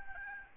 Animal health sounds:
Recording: mosquito wingbeat signal from an infrared sensor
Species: Aedes albopictus

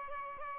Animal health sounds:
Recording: mosquito wingbeat signal from an infrared sensor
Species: Aedes albopictus

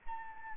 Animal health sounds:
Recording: mosquito wingbeat signal from an infrared sensor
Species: Anopheles arabiensis

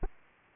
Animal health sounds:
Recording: mosquito wingbeat signal from an infrared sensor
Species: Aedes aegypti

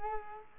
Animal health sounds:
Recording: mosquito wingbeat signal from an infrared sensor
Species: Culex quinquefasciatus

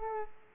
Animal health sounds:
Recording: mosquito wingbeat signal from an infrared sensor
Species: Aedes aegypti

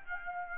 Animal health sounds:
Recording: mosquito wingbeat signal from an infrared sensor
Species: Aedes aegypti

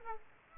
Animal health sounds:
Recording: mosquito wingbeat signal from an infrared sensor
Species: Aedes aegypti

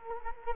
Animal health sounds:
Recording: mosquito wingbeat signal from an infrared sensor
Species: Culex quinquefasciatus

